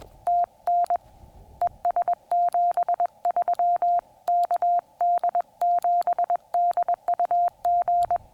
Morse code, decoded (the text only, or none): TN ES 73 KD7DUG